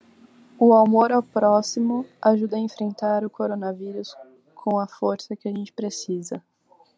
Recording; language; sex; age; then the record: spoken sentence; Brazilian Portuguese; female; 18 to 19 years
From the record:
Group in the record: control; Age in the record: 18 years